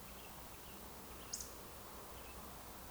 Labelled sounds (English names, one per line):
Eurasian Woodcock